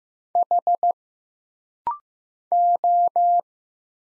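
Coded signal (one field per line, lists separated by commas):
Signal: Morse code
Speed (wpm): 15 wpm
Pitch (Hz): 700 Hz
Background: none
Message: H O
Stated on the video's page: Rapid-fire Morse practice at 15 wpm: single letters, numbers, punctuation and prosigns, each sent twice for instant character recognition drill.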